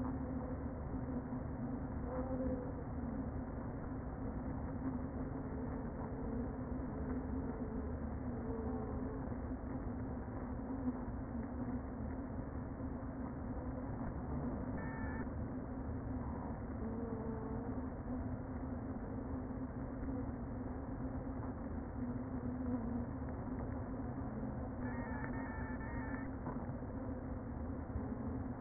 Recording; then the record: honeybee colony, microphone inside the hive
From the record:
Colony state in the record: queen present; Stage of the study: before two queens were removed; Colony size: about 60,000 bees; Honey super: yes